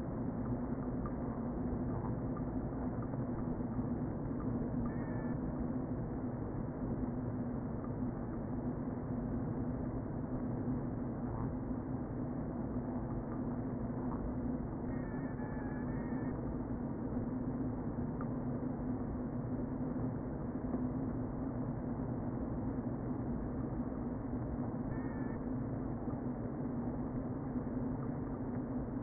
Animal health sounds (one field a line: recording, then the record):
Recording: honeybee colony, microphone inside the hive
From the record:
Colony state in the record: queen present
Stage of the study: before two queens were removed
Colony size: about 60,000 bees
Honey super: yes